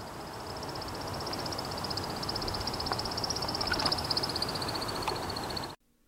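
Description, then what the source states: American woodcock, a continuous high thin twittering trill held steadily, then cut off abruptly, over a broad hiss of background noise. North American bird.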